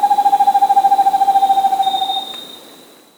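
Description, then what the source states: Vermiculated screech owl giving a fast, even, low trill of rapid pulses for about two seconds that then fades out, over a steady high tone. South America.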